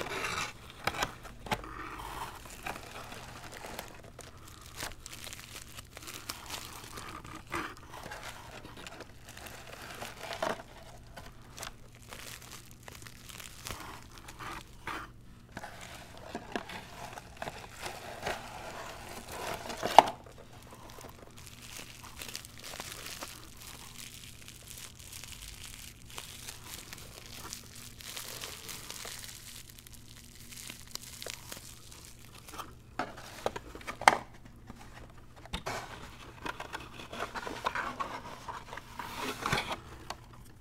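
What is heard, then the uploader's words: A zen garden being unboxed: scattered crinkling, rustling and tearing of packaging over a steady low hum, with sharper clicks around 20 and 34 seconds. ASMR Icnbuys Zen Garden Unboxing No Talking.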